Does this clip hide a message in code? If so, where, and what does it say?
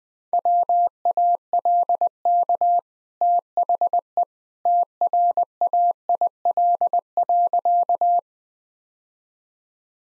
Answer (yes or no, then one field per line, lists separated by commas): yes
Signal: Morse code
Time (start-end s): 0.3-8.2 s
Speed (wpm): 20 wpm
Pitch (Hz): 700 Hz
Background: none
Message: WALK THE TRAIL.